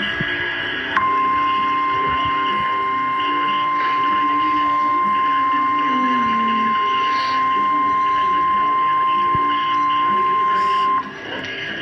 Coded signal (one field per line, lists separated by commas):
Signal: Emergency Alert System (SAME) tones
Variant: 1050 Hz attention tone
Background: speech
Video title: Severe Thunderstorm Warning EAS #67